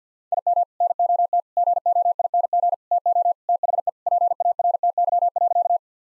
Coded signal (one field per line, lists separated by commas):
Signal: Morse code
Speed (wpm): 50 wpm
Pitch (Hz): 700 Hz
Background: none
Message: IM NOT GOING TO THE PARTY.